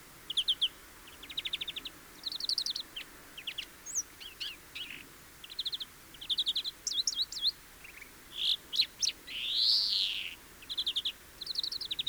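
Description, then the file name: European greenfinch singing a long series of rattling trills and twitters, broken by a swelling nasal wheeze near the end. "Chloris chloris"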